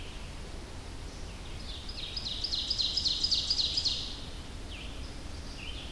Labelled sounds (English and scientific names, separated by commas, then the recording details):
Ovenbird (Seiurus aurocapilla) song
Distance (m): 40 m
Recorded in boreal forest in Alberta, Canada, on 25 June 2016 at 06:14
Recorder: SongMeter 3, array SBT-6-76
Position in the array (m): 28 m, 115 m
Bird 2